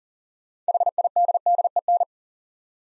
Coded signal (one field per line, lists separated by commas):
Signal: Morse code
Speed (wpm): 43 wpm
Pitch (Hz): 700 Hz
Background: none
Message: HIDDEN